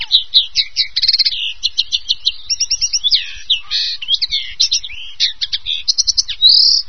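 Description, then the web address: Common Linnet song: a lively, rapid twitter of varied chirps, short trills and buzzy notes running almost without pause, ending on a drawn-out note. "wroblowe fringillidae ccannabina"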